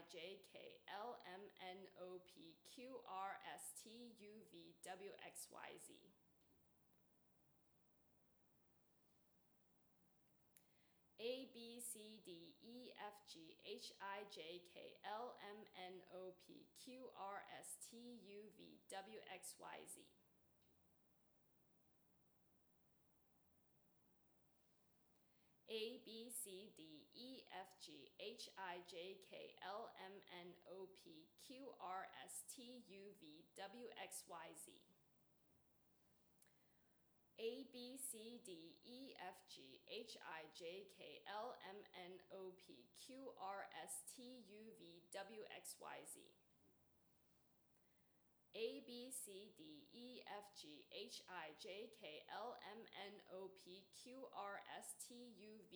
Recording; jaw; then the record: letters of the alphabet, spoken; free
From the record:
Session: seven days later